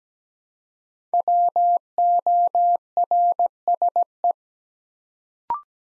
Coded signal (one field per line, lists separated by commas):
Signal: Morse code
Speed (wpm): 17 wpm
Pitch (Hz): 700 Hz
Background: none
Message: WORSE